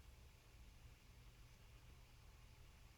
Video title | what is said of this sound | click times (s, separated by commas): This Lawnmower Isn't A Craftsman And It Won't Run | Yep, it's seated all the way. Just didn't snap in. | none